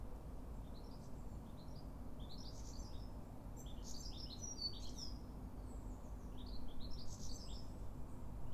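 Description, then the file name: European goldfinch giving quick, liquid twittering notes in clustered bursts, with a constant low-pitched rumble underneath throughout. "Carduelis carduelis"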